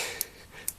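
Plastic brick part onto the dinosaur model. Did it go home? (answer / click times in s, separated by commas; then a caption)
yes / 0.2 s, 0.7 s. A plastic Lego piece is pressed onto the Dilophosaurus model of set 75934, the exact part unclear. Two short, sharp plastic clicks sound at 0.2 s and 0.7 s over a soft hiss. The piece clicks into place and is seated.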